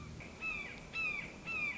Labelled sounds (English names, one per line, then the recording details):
Red-shouldered Hawk
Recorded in Sonoma County, California